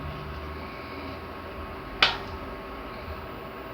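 During reassembly of a faulty hair dryer, an internal plastic housing component is pressed into its seat in the hair dryer housing, producing one sharp, bright click at 2.0 s over a steady low background hum. The part seats and fits perfectly.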